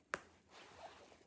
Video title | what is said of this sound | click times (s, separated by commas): RIMOWA FULL REVIEW - CARRY ON, TRUNK, GARMENT BAG, PROS, CONS, DO I REGRET BUYING? | you want to hear that snap there's a snap right here too as well in the middle | 0.1 s